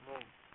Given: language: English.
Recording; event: throat vibration sensor signal played as sound; speech